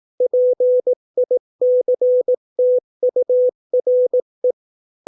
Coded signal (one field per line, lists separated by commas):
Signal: Morse code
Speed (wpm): 18 wpm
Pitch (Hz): 500 Hz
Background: none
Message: PICTURE